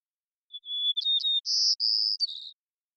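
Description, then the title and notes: White-crowned sparrow song, a pure whistled opening note, brief twittering chips, then two buzzy trilled phrases and a short slurred ending, clean background. Long performance of repeated song, recorded in the Pacific Northwest, Washington, United States, with a parabolic microphone, processed for clarity while keeping natural pace, rhythm and dynamics. "White-crowned Sparrow, Zonotrichia leucophrys, long performance with repeated song, parabolic recording, clean-processed for clarity, natural pace, rhthym, and dynamics maintained, family: New World Sparrows Recorded in the beautiful Pacific Northwest, Washington, United States"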